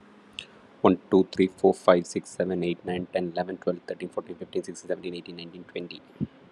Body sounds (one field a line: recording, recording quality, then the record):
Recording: counting at a fast pace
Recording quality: excellent, no background noise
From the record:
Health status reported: healthy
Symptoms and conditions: none ticked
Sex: male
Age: 38 years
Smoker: not ticked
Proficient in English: yes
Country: India